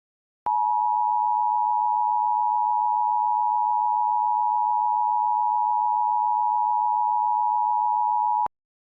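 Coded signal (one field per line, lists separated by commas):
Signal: Emergency Alert System (SAME) tones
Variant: 853 and 960 Hz attention tone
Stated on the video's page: Mock EAS alert, simulated; not for use on live TV.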